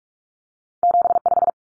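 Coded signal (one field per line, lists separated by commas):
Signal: Morse code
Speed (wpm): 44 wpm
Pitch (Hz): 700 Hz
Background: none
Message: 75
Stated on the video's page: Morse code drill of common two-digit cut numbers at 45 wpm for head-copy, cut letters T, A, N for 0, 1, 9.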